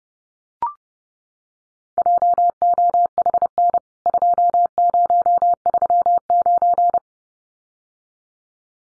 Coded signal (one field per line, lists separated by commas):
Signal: Morse code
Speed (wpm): 28 wpm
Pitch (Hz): 700 Hz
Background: none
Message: JOHN 2039